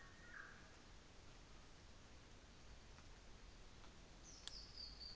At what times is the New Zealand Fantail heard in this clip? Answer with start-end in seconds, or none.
none